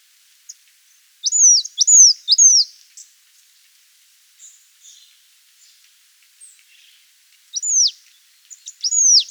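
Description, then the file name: Marsh tit giving quick high down-curving call notes singly or in clusters of two or three, with a soft scatter of faint ticking sounds in the quieter gaps. "Poecile palustris"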